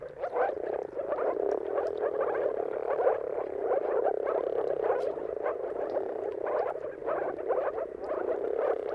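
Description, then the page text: Moor frogs calling together, an unbroken soft bubbling chorus with slight swells in intensity. Moor frogs in a mating chorus at sunrise, heard at the turn of March and April depending on the weather. "Dawn’s Chorus: Mating Calls of Marsh Frogs at Sunrise. Depending on the weather at the turn of March and April, you can witness an amazing spectacle of moor frogs. Jakub Orzecki"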